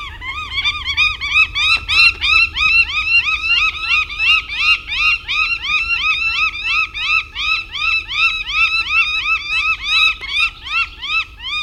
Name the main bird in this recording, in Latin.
Accipiter gentilis